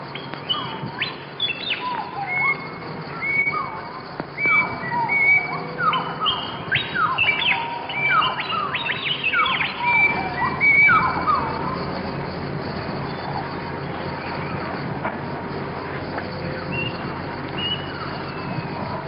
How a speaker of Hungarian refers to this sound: bekapcsolom a magnómat, hogy megörökítse az őserdő hangját, a tücskök ciripelését, az itteni vadgalambok különös, egzotikus búgását, és a többi különleges madárhangot. Távolból talán még egy-egy kakas kukorékolás is belehallatszik majd a felvételbe.